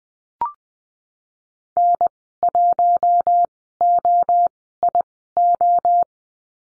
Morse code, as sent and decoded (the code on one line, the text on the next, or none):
-. .---- --- .. ---
N1OIO